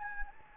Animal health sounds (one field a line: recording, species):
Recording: mosquito wingbeat signal from an infrared sensor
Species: Anopheles gambiae